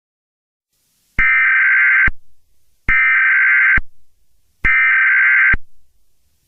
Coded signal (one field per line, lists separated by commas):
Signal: Emergency Alert System (SAME) tones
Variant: header bursts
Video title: Old National Supers Department Emergency Alert System